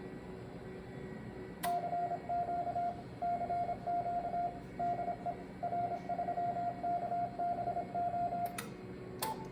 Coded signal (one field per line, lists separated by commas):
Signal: Morse code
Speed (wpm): 27 wpm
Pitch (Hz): 700 Hz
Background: radio noise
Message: CQ CQ DE R3KBO